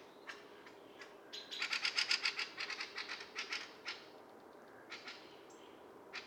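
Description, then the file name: Common blackbird: a fast run of hard, clicking chuck notes midway, with scattered single clicks before and after. "Turdus merula"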